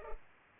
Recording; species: mosquito wingbeat signal from an infrared sensor; Culex pipiens